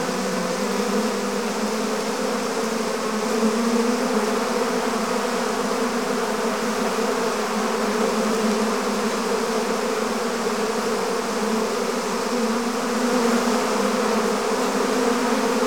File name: Digiffects Sound Effects Library - Swarm of Bees